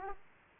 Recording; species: mosquito wingbeat signal from an infrared sensor; Aedes aegypti